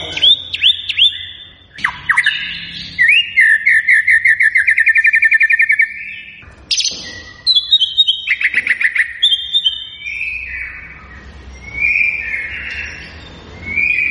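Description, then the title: White-rumped shama song: bright whistles followed by long, rapid rattling trills, a pause, then more trills and softer wavering whistles. Lure recording of an actively singing (gacor) bird, meant to make listening birds respond at once. "PANCINGAN MURAI BATU GACOR"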